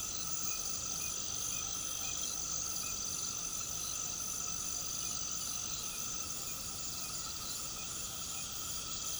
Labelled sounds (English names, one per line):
none